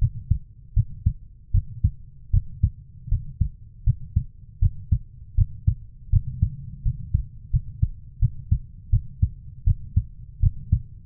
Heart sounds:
heart sounds by stethoscope; 81 bpm
0.74 s: heartbeat
1.51 s: heartbeat
2.31 s: heartbeat
3.09 s: heartbeat
3.84 s: heartbeat
4.59 s: heartbeat
5.35 s: heartbeat
6.10 s: heartbeat
6.83 s: heartbeat
7.51 s: heartbeat
8.19 s: heartbeat
8.90 s: heartbeat
9.64 s: heartbeat
10.40 s: heartbeat
From the record:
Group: healthy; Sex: female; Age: 24 years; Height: 163 cm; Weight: 55.7 kg

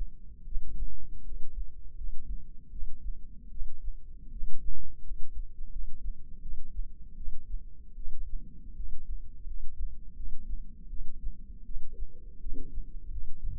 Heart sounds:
heart sounds by microphone in the left ear; 81 bpm
0.45 s: heartbeat
1.24 s: heartbeat
1.96 s: heartbeat
2.70 s: heartbeat
3.50 s: heartbeat
4.31 s: heartbeat
5.02 s: heartbeat
5.71 s: heartbeat
6.41 s: heartbeat
7.15 s: heartbeat
7.95 s: heartbeat
8.75 s: heartbeat
9.46 s: heartbeat
10.15 s: heartbeat
10.88 s: heartbeat
11.64 s: heartbeat
12.39 s: heartbeat
13.10 s: heartbeat
From the record:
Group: healthy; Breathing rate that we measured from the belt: 16 breaths a minute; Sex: female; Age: 19 years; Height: 163 cm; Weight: 51 kg

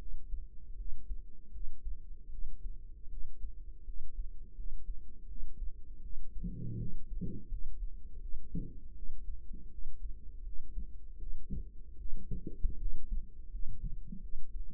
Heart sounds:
heart sounds by microphone in the right ear; 80 bpm
0.74 s: heartbeat
1.50 s: heartbeat
2.28 s: heartbeat
3.07 s: heartbeat
3.83 s: heartbeat
4.53 s: heartbeat
5.26 s: heartbeat
6.00 s: heartbeat
6.76 s: heartbeat
7.47 s: heartbeat
8.18 s: heartbeat
8.93 s: heartbeat
9.68 s: heartbeat
10.41 s: heartbeat
11.17 s: heartbeat
11.96 s: heartbeat
12.76 s: heartbeat
13.48 s: heartbeat
14.19 s: heartbeat
From the record:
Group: healthy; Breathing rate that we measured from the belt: 20 breaths a minute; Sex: female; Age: 19 years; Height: 163 cm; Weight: 48.9 kg

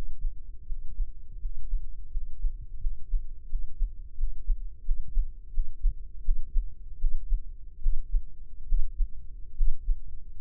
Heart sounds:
heart sounds by microphone in the left ear; 81 bpm
0.62 s: heartbeat
1.35 s: heartbeat
2.07 s: heartbeat
2.77 s: heartbeat
3.46 s: heartbeat
4.14 s: heartbeat
4.82 s: heartbeat
5.50 s: heartbeat
6.22 s: heartbeat
6.97 s: heartbeat
7.79 s: heartbeat
8.65 s: heartbeat
9.54 s: heartbeat
From the record:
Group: healthy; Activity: Valsalva maneuver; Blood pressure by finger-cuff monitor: 108/67 mmHg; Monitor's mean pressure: 86 mmHg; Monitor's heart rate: 81 bpm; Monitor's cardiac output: 6 L/min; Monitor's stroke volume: 70 mL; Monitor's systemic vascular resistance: 910 dyn s/cm5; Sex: female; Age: 23 years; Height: 160 cm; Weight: 50.4 kg

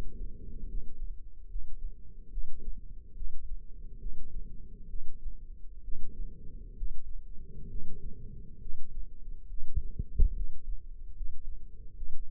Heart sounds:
heart sounds by microphone in the left ear; 69 bpm
0.67 s: heartbeat
1.48 s: heartbeat
2.30 s: heartbeat
3.15 s: heartbeat
3.99 s: heartbeat
4.88 s: heartbeat
5.82 s: heartbeat
6.75 s: heartbeat
7.69 s: heartbeat
8.60 s: heartbeat
9.48 s: heartbeat
10.34 s: heartbeat
11.14 s: heartbeat
11.95 s: heartbeat
From the record:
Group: healthy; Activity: rest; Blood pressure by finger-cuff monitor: 118/74 mmHg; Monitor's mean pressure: 93 mmHg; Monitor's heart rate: 70 bpm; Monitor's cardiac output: 5.7 L/min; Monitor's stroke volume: 83 mL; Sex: male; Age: 35 years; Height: 178 cm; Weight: 64 kg

